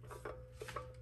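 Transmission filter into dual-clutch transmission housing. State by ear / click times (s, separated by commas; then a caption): not seated / none. A new DCT transmission filter is handled and pushed toward its dual-clutch transmission housing under a C8 Corvette. Soft rubbing and scraping is heard, with brief knocks around 0.3, 0.7 and 0.8 seconds. Nothing has seated or clicked yet.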